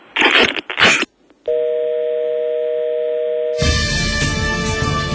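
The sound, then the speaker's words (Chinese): A telephone line being dialed: two brief loud bursts, then a steady droning dial tone that gives way to a rougher, buzzier mix of tones. No one speaks. “我俾个电话你啊！”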